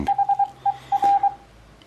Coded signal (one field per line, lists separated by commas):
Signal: Morse code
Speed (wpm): 23 wpm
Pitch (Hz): 800 Hz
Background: radio noise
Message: HER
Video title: Receiving morse Code